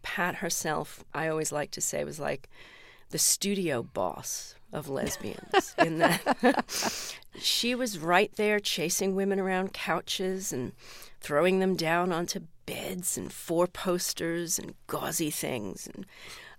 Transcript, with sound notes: Pat herself, I always like to say, was like the studio boss of lesbians...
(LAUGHTER)
...In that she was right there chasing women around couches and throwing them down onto beds and four-posters and gauzy things.